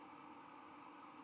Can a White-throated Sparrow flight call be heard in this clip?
no